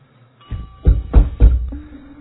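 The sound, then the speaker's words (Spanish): Three firm knocks on the door of Pablo, the company's director and owner, in quick, even succession, each a deep, hollow thud, followed by a faint low hum as the sound fades. “En pocos minutos estaba llamando a la puerta de Pablo, el director, el dueño de la empresa.”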